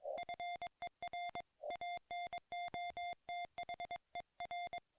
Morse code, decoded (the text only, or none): FER ANOTHER